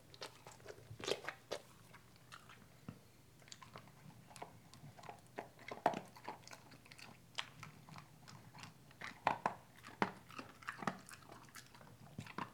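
Dog eating, with irregular crunching and chewing bursts, sharp bites scattered throughout between quieter gaps.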